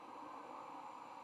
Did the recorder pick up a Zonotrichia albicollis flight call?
no